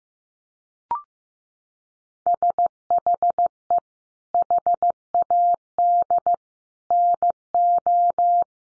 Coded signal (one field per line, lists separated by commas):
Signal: Morse code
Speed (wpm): 15 wpm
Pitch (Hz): 700 Hz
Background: none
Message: SHE HAD NO